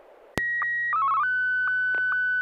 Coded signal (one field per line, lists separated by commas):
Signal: SSTV (slow-scan television)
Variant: Martin 1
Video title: N6NA SSTV Net - 01/29/2025